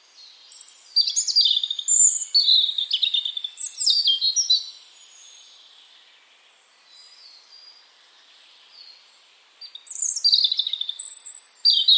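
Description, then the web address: European robin singing a long, varied run of high trills and thin whistles, then falling silent for several seconds before a fresh tinkling phrase begins. "Deverinetal 2025 File origin Bird Only Er Ru"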